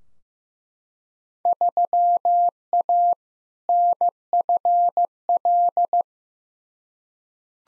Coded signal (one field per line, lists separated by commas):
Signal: Morse code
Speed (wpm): 15 wpm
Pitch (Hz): 700 Hz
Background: none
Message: 3A NFL